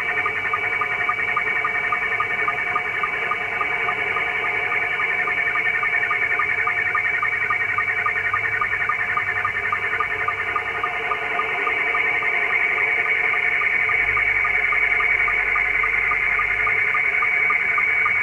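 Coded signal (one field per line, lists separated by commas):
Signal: SSTV (slow-scan television)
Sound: steady warbling whine with rapid rhythmic ticks, several per second, over hiss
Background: radio static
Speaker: I'll close this video out with a live demonstration we'll point the camera at the radio and find somebody sending an image and let you let you watch that build in real time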